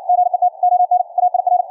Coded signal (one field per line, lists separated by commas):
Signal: Morse code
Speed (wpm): 56 wpm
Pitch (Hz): 720 Hz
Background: none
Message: GET ON AIR